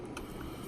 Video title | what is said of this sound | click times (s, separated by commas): RPM Nerf Bars for Traxxas Slash 4x4 | Pretty much snaps into place anyways, but these screws will help hold | 0.2 s